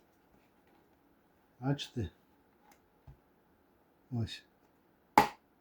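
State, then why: Seated. A plastic switch or thermostat part of an Rztk Basic White 2200 W electric kettle is pushed into its catch inside the kettle housing while someone talks. One sharp click is heard at 5.2 s as the part snaps into place and latches.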